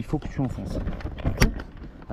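Someone talks while a door mirror on a Xsara Picasso is set in place, bottom first and then the top, and its upper clip is pushed into the door panel. A single sharp snap is heard at 1.4 s as the clip seats, and the mirror is confirmed pushed in at the bottom.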